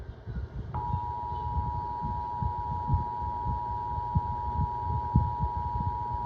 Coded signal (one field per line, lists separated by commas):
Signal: Emergency Alert System (SAME) tones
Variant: 853 and 960 Hz attention tone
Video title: (EAS #16) Xfinity - Child Abduction Emergency